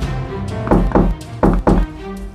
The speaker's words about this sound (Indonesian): Serigala jahat kembali ke rumah dan mengetuk pintu.